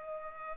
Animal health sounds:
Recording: mosquito wingbeat signal from an infrared sensor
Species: Culex pipiens

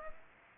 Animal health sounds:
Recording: mosquito wingbeat signal from an infrared sensor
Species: Aedes aegypti

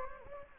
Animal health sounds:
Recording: mosquito wingbeat signal from an infrared sensor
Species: Anopheles gambiae

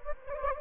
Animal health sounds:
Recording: mosquito wingbeat signal from an infrared sensor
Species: Anopheles gambiae

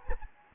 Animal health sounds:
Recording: mosquito wingbeat signal from an infrared sensor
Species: Anopheles gambiae

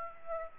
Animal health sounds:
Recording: mosquito wingbeat signal from an infrared sensor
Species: Aedes aegypti

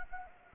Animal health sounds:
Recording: mosquito wingbeat signal from an infrared sensor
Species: Anopheles gambiae

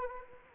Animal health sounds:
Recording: mosquito wingbeat signal from an infrared sensor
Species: Anopheles arabiensis

